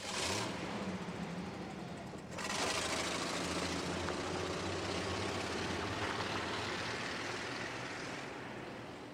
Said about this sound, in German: Ein kalter Automotor ließ ein hohles Grollen ertönen.